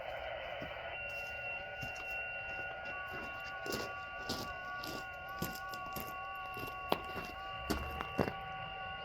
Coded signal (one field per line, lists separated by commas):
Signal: FT8